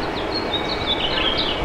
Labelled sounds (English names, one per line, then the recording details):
House Finch song
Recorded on Long Island, New York, on 28 June 2012
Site SB
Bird A